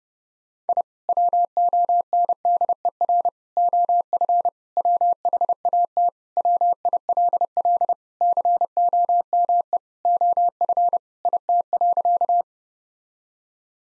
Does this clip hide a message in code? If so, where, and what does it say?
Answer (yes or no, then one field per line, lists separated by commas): yes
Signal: Morse code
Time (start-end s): 0.7-12.4 s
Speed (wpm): 31 wpm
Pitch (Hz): 700 Hz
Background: none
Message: I WONDER OF WHAT WILL COME OF IT.